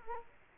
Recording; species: mosquito wingbeat signal from an infrared sensor; Culex quinquefasciatus